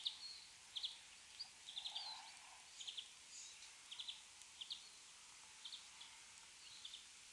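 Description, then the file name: European greenfinch calls: short, high chirpy notes and brief trilled bursts repeated irregularly, faint against a steady hiss of background noise. "Chloris chloris"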